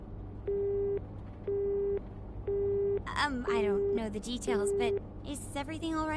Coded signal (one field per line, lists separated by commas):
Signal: telephone call progress tone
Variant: Japan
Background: speech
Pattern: busy tone